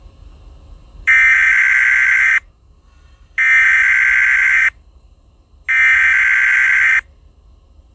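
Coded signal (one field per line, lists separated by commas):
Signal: Emergency Alert System (SAME) tones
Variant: header bursts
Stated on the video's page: Fictional Emergency Alert System scenario about a character attacking people; simulated, not a real alert.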